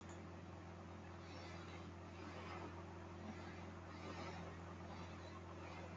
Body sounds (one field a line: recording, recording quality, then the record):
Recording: deep breathing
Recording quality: moderate, slight background noise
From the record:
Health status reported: healthy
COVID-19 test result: not tested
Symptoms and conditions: none ticked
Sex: male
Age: 20 years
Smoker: not ticked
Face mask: worn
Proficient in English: yes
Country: India